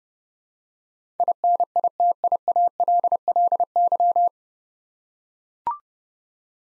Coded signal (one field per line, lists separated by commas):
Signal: Morse code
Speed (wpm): 30 wpm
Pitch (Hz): 700 Hz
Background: none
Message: INITIALLY